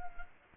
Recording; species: mosquito wingbeat signal from an infrared sensor; Culex quinquefasciatus